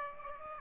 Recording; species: mosquito wingbeat signal from an infrared sensor; Aedes aegypti